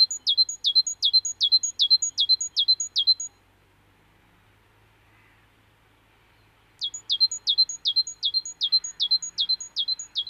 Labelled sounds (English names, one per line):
Great Tit song